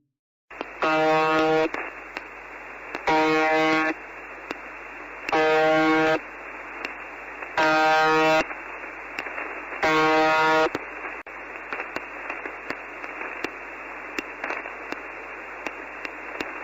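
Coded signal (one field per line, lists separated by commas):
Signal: channel marker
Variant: UVB-76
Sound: five harsh, low droning buzzes, each about a second long, repeating every couple of seconds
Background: radio static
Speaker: It begins with a buzz, a cold mechanical hum droning through the airwaves, repeating endlessly on 4625 kilohertz.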